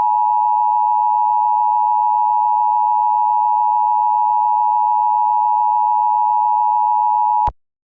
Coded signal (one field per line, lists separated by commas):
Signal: Emergency Alert System (SAME) tones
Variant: 853 and 960 Hz attention tone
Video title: Unknown Enemy (An EAS Scenario)